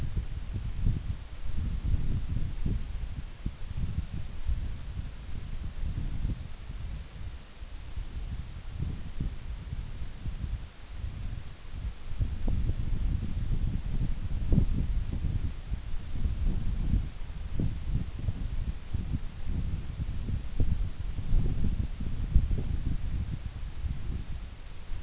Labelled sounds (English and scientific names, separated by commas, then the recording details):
none
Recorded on Arctic tundra, site NAIT-1, on 24 June 2019
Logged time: 04:00